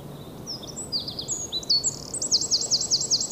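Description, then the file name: Eurasian wren song, high thin notes building into a fast rhythmic series of loud slurred phrases repeated several times per second. "Troglodytes troglodytes"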